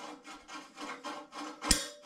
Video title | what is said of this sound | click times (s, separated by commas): Projet R-5.1 Episode 01 | Vous voyez, ça fait clic. | 1.7 s